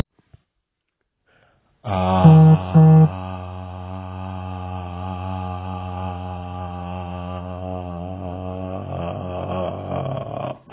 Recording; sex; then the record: sustained vowel /a/; male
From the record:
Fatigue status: fatigue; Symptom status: symptomatic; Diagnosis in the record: COVID-19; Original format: 3gp